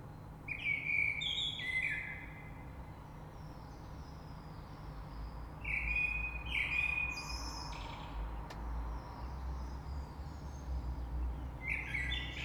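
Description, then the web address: Common blackbird singing long, smooth fluted whistles with brief twittering endings, phrases separated by pauses; low rumbling background noise and a brief click. Recorded 3 March 2020. "oiseaux Rush Merle 3-3-2020"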